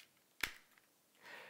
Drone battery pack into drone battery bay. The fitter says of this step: you can then slide the battery into the Drone and lightly push until you hear a click